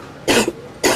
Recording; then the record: coughing mixed with background sound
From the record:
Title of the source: 61 morning phlegmy cough...again